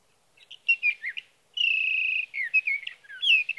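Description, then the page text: Sage thrasher song, jumbled warbling notes broken by a long, steady buzzy-whistled note, then more rapid varied phrases. Male singing through the night near his night roost, evenings June 12 to mornings June 15, 2018, Sierra Valley, California; recorded with a Swift recorder. "Sage thrasher songs, through the night. For three nights, from the evening of June 12 to the morning of June 15, 2018, in Sierra Valley, California, I placed a Swift recorder near a male's night roost."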